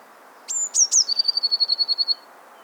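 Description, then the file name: Eurasian blue tit singing a high sustained whistle and two quick downslurred notes, followed by a fast, steady trill. "Cyanistes caeruleus"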